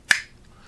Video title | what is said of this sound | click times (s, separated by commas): The Perfect Upgrade for the SIG P365 Pistol - The Wilson Combat Grip Module - Great For Big Hands! | push it down, and it should click into place just like that | 0.1 s